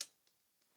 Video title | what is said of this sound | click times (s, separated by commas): Atlas Throttle Lock Ultimate Slippage Fix for your motorcycle. | and see that it locks there and before when I would do that it would slip | 0.0 s